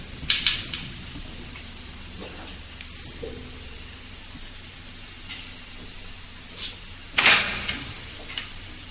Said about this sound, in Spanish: David, se ha movido la puerta. Y aquí no hay corriente